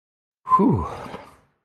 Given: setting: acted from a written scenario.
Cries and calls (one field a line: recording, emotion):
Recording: vocal sound without words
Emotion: relief